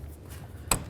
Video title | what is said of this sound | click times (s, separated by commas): How to Replace Fuel Pump 08-12 Jeep Liberty | thing with this one click tug perfect all | 0.7 s